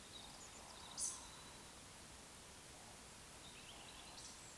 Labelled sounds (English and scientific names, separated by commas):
Eurasian Woodcock (Scolopax rusticola) whistle, Eurasian Woodcock (Scolopax rusticola) croak